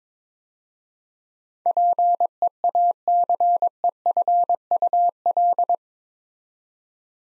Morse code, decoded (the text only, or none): PEACEFUL